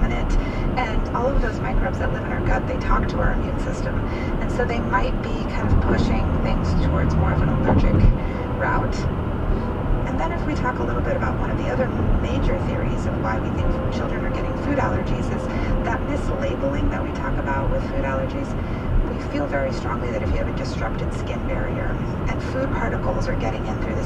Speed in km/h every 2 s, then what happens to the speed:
108, 108, 108, 108, 108, 108, 108, 108, 106, 105, 106, 106.
0-24 steady at about 108.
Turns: none.